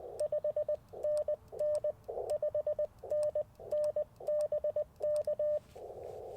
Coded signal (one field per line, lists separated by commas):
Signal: Morse code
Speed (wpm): 20 wpm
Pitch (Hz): 600 Hz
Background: radio noise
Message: 5NN 5NNBK